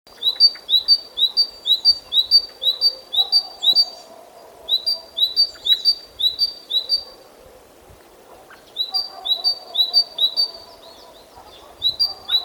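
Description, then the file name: Great tit song: high, bright two-note phrases repeated about twice a second in bouts of several seconds, separated by short pauses. "Parus major"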